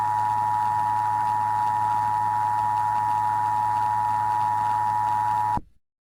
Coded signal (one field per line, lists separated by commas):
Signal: Emergency Alert System (SAME) tones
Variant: 853 and 960 Hz attention tone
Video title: TRUE RULERS. an EAS Scenario Special.